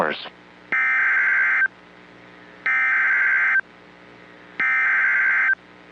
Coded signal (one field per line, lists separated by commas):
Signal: Emergency Alert System (SAME) tones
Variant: header bursts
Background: speech